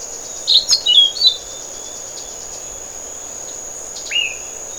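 Orange-billed nightingale-thrush singing a quick squeaky warbled phrase, then a single rising whistled note near the end, over a constant high-pitched insect drone.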